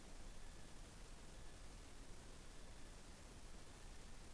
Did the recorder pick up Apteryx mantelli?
yes